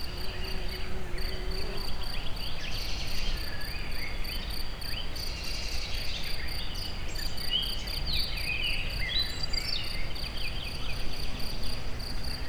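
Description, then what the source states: Insects give an even, high pulsed trill, with a faint low tone early on and steady background noise. Recorded in nature at very close range at the Eger tourist house (Egerturistaház).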